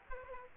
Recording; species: mosquito wingbeat signal from an infrared sensor; Aedes aegypti